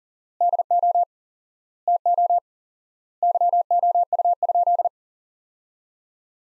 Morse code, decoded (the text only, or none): DO TO YOU?